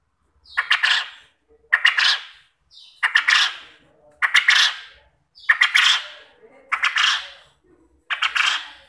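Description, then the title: Quail calling in seven rasping bursts, each opening with sharp clicks and trailing off. Quail call used as a lure to make quail answer and call vigorously. "Burung Puyuh Mana Yang Tidak Nyaut Dan Gacor Dengan Pancingan Ini"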